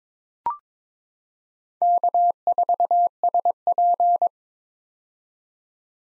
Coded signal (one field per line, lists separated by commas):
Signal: Morse code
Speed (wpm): 22 wpm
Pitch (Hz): 700 Hz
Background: none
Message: K4SP